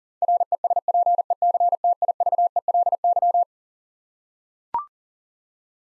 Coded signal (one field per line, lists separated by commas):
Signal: Morse code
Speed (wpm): 39 wpm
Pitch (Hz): 700 Hz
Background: none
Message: RESPECTIVELY